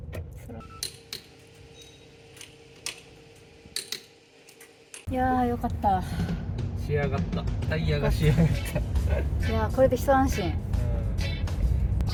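A borrowed torque wrench is used at a gas station to tighten a car's wheel lug nuts, giving sharp, short clicks at 0.8, 1.1, 2.9, 3.8, 3.9 and 4.9 seconds as it reaches its set torque. After about 5 seconds a louder, busier background with music comes in, and someone talks.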